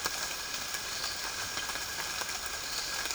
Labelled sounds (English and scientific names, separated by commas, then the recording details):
none
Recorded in dense forest near Puerto Asís, Putumayo, Colombia, on 12 March 2025 at 08:00
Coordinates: 0.485, -76.318
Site G056